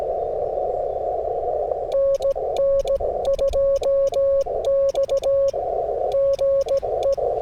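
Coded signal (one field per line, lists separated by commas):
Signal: Morse code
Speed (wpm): 16 wpm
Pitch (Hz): 550 Hz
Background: radio noise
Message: NN2X GE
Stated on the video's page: Straight-key QRP Morse during a windy Parks on the Air activation, using a QMX and then an FT-891 transceiver.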